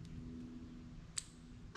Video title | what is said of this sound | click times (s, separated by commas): Installing Wires On A New Plug For Our Cat C-15 | in make sure you hear that click because that locks it in place | 1.2 s